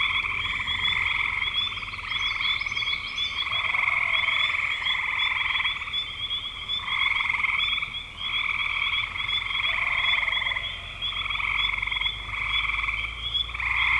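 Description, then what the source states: Frogs in full chorus, pulsing buzzy trills repeating in waves, over a low steady rumble in the background. Frogs in spring 2025.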